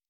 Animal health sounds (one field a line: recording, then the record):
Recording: hydrophone in a shrimp aquaculture tank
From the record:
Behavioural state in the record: normal